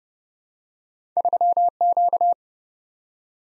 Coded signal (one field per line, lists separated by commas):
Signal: Morse code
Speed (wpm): 29 wpm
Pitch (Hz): 700 Hz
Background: none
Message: 3Q